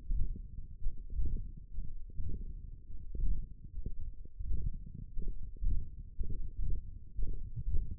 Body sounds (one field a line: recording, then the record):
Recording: forearm muscle sounds (acoustic myography)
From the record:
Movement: index flexion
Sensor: system 1, eight BSWA MPA416 microphones around the upper forearm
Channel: 3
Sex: male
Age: 42 years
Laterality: right